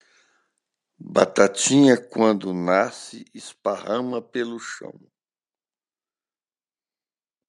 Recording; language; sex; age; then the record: short text; Brazilian Portuguese; male; 60 to 69 years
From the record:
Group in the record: control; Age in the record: 69 years